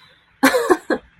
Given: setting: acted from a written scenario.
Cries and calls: vocal sound without words; amusement

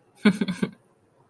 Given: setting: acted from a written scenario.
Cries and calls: vocal sound without words; amusement

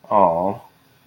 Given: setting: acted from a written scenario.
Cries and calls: vocal sound without words; sympathy

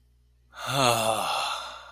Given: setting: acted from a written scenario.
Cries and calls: vocal sound without words; ecstasy

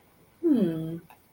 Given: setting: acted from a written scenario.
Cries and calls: vocal sound without words; romantic love

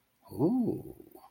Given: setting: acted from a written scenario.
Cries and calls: vocal sound without words; romantic love

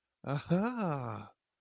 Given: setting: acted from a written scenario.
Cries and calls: vocal sound without words; positive surprise

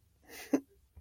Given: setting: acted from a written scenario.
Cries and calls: vocal sound without words; shame

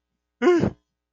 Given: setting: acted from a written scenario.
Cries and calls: vocal sound without words; fear

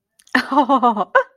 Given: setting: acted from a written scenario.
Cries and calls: vocal sound without words; adoration

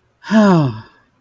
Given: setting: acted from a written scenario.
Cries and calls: vocal sound without words; relief

